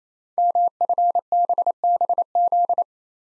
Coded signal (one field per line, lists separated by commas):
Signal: Morse code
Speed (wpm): 29 wpm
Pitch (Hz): 700 Hz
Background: none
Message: MFBBZ